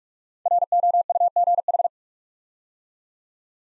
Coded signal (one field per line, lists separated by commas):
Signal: Morse code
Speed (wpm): 44 wpm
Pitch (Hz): 700 Hz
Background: none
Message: ROUGH